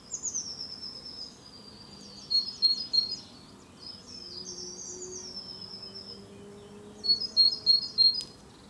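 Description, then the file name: Eurasian blue tit song: high, thin introductory notes followed by short, fast trills of bright repeated notes, two trill bursts a few seconds apart, over a faint low hum. "canto cinciarella allegra cinciarella Cyanistes parus caeruleus blue tit blaumeise herrerillo"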